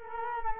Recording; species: mosquito wingbeat signal from an infrared sensor; Culex quinquefasciatus